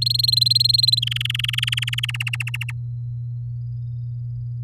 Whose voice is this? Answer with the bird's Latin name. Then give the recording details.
Serinus canaria. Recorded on 8 May 2018 at 12:05. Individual llb16